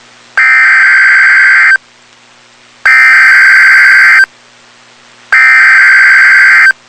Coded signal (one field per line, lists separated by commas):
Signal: Emergency Alert System (SAME) tones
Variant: header bursts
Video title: Tornado Warning (EAS #358)